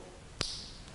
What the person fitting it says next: and you'll hear that click home and it's got nice solid connection on there